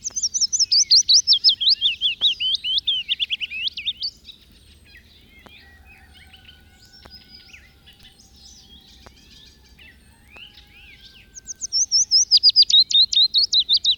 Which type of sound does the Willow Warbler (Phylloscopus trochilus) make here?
song